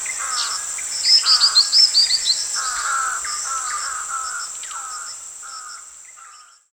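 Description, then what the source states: Black-winged flycatcher-shrike calls, a burst of high sharp notes over a series of descending mid-pitched notes, with a constant shrill insect hum behind. Recorded at Danum on 1 January 2008.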